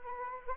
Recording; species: mosquito wingbeat signal from an infrared sensor; Anopheles arabiensis